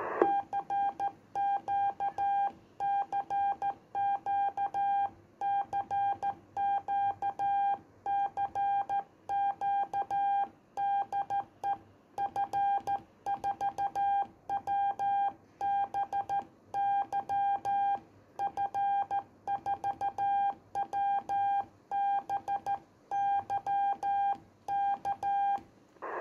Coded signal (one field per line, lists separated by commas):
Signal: Morse code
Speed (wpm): 13 wpm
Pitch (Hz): 800 Hz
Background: none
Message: CQ CQ CQ CQ DE F4WBY F4WBY K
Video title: Learning Morse Code, Straight Key or Paddles?